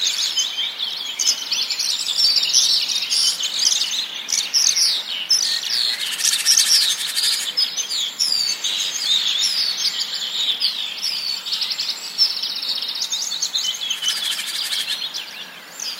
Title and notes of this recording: Wonderful Rich Bird Concert. This is a concert of a variety of birds in an idyllic place.